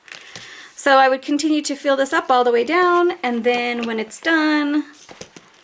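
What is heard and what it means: Someone talks while handling a finished laminated washi-tape card that is meant to be pressed onto the metal rings of a planner binder, with faint handling ticks near 0.1, 0.4, 5.2 and 5.4 seconds. Nothing has seated or clicked yet; the card has not snapped into the rings.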